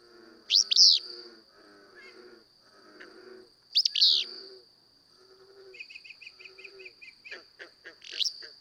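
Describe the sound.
Willow flycatcher song, two harsh sneezing phrases about three seconds apart, then a rapid series of even chips from another bird, all over a continuous high buzzing drone.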